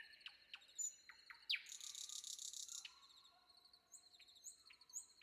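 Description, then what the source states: Nightingale song: a few sharp clicks and a quick falling sweep lead into a buzzy, pulsing trill of about a second, then quieter notes. Sung before dawn.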